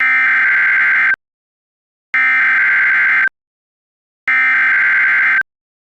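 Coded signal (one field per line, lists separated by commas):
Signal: Emergency Alert System (SAME) tones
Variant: header bursts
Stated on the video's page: Tornado EAS made for horror, with valid SAME tones.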